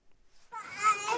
A sound that shows what's at stake in the suburb called Eastern Ghouta. It's the sound of a baby's cry.